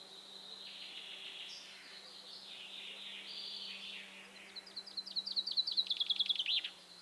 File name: Fringilla coelebs